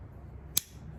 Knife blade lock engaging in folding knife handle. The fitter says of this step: this thing still clicks into place really really well you know